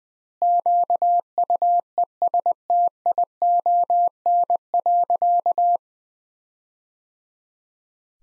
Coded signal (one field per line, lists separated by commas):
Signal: Morse code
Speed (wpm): 19 wpm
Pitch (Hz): 700 Hz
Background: none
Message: QUESTION.